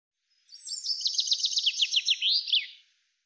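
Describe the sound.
Common chaffinch song: a bright run of sharp, slurred notes ending in a downward-sweeping flourish, over a quiet background.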